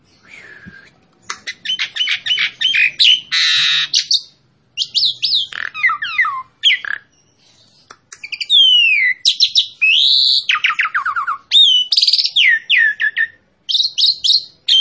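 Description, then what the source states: Asian pied starling song: long varied medley of rapid chirps, descending whistled runs and harsh buzzes, broken by a few brief silences. Song used as a master for training captive birds.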